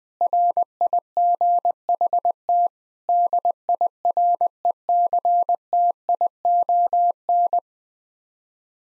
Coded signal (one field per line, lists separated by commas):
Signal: Morse code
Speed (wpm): 20 wpm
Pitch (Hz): 700 Hz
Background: none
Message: RIGHT DIRECTION